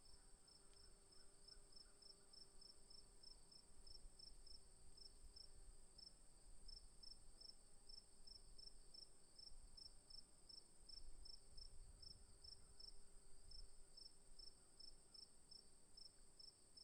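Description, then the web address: Cricket chirping: a steady, high pulsed trill repeating several times a second with brief gaps, over a constant high whine and low rumbling background noise. Recorded in the afternoon. "currandas. Afternoon Crickets"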